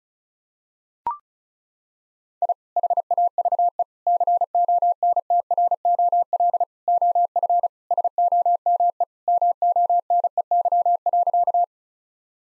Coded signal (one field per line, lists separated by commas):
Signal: Morse code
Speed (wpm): 34 wpm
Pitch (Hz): 700 Hz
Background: none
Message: I HAVE CONTROL OF SOME MONEY.